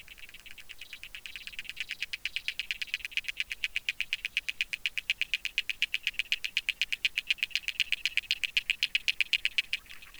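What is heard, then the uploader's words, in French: An agile frog and calling insects: a fast, very regular train of dry clicking pulses, about six or seven each second, sits at a bright mid-high pitch. The pulses swell in loudness over the first three seconds, then hold steady to the end, with little else underneath. Réserve naturelle de la Plaine des Maures - Nagra LB - Hydrophone dpa 8011. Durant toute la nuit je laisse en "piège à son" mon hydrophone sur la partie la plus profonde (50cm). La présence intéressante d'une Grenouille agile (Rana dalmatina) et au moins de deux insectes bruiteurs non déterminés.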